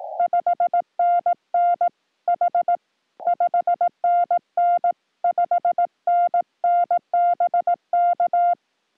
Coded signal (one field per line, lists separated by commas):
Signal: Morse code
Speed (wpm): 17 wpm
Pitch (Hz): 700 Hz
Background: none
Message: 5NN H 5NN 5NN BK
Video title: 2. Save by North America DX This Day on CW POTA Activation